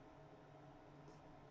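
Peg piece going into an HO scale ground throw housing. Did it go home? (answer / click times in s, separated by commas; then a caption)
no / none. A plastic peg piece of an HO scale model railroad turnout ground throw is handled as it is pushed into the flat side of the ground throw housing, peg facing toward the ground. Only a steady low background hum is heard, with a faint high hiss near 1.1 s. Nothing has seated or clicked yet.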